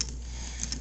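Plastic headlight pieces and side parts of a transforming toy are aligned and pushed together into the toy's front car body. Sharp plastic clicks sound at 0.0 s and 0.6 s over a steady low hum, with fainter ticks just after each. The pieces tab into place and are seated.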